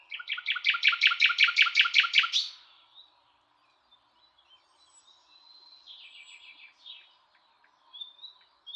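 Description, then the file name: Common nightingale song: a loud, rapid run of repeated rich notes for over two seconds, followed by quiet thin twittering and faint high whistles. "Luscinia megarhynchos"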